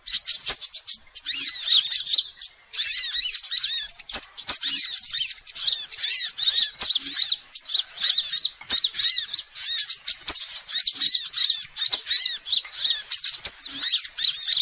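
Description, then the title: Sogok ontong song, long bursts of fast high twittering and looping notes separated by short gaps, with a brief pause near two seconds. Masteran song used for training birds. "Sogok Ontong Labaik"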